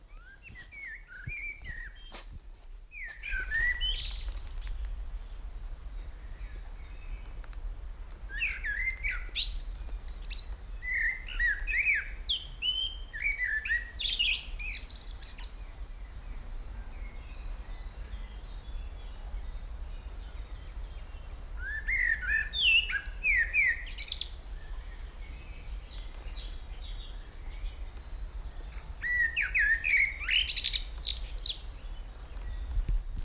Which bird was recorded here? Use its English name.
Common Blackbird